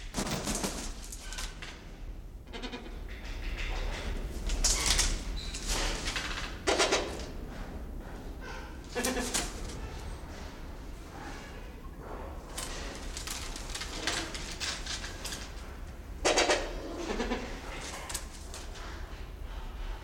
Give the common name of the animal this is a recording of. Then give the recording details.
Choco Toucan. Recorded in captivity. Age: adult. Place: Zoo Berlin, Berlin, DE. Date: 1992-12-05. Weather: schwach sonnig, ca. 4°C. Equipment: Marantz CP 430, Sennheiser ME 80, Kopie Tesla B 116. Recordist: Tembrock, Günter